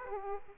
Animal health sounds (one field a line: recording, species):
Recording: mosquito wingbeat signal from an infrared sensor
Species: Aedes aegypti